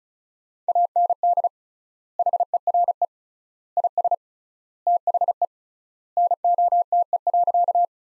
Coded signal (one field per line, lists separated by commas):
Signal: Morse code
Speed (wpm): 34 wpm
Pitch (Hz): 700 Hz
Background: none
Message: AND HERE IS THE NOTE.